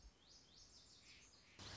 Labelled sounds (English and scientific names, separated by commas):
Lazuli Bunting (Passerina amoena)